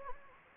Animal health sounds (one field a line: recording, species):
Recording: mosquito wingbeat signal from an infrared sensor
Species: Anopheles gambiae